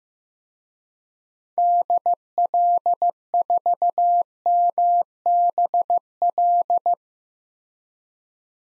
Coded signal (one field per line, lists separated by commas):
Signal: Morse code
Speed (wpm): 15 wpm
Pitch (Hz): 700 Hz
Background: none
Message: DL4MBL